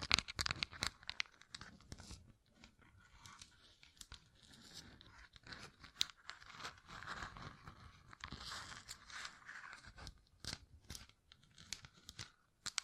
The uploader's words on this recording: ASMR Gem Covered Fingertips Tapping and Scratching (No Talking).